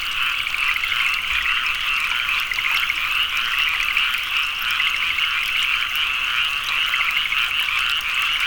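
Crowded frog chorus, rhythmic rattling pulses from many callers running together into a continuous high trill.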